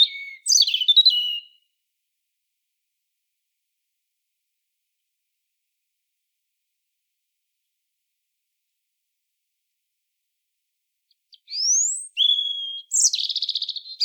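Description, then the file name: European robin singing a short warbled phrase, a long silent pause of about ten seconds, then another phrase of high sweeping notes and rapid trills. "Erithacus rubecula"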